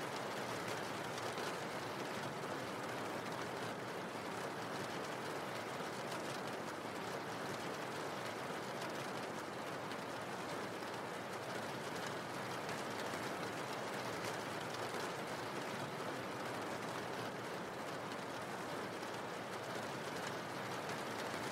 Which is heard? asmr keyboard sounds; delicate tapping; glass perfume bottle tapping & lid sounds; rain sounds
rain sounds